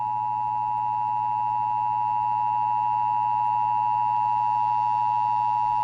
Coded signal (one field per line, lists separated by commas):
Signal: Emergency Alert System (SAME) tones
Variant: 853 and 960 Hz attention tone